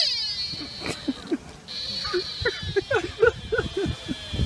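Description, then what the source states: Spotted deer squeal and barks: a thin high squeal sliding downward at the start and held through much, with a run of short, hoarse barks, a few each second. Squeal and bark, played as a guess-the-sound example.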